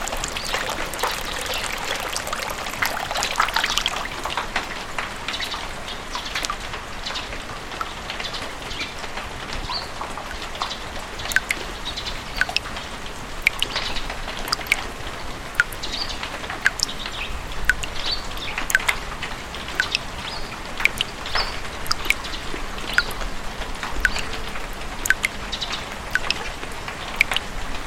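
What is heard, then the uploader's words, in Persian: Steady rain hisses throughout, dense, with frequent sharp drip taps landing irregularly over the soft, continuous wash of falling water. باران.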